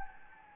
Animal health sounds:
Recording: mosquito wingbeat signal from an infrared sensor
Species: Anopheles gambiae

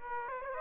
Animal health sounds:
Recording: mosquito wingbeat signal from an infrared sensor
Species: Aedes aegypti

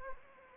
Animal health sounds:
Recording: mosquito wingbeat signal from an infrared sensor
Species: Anopheles arabiensis

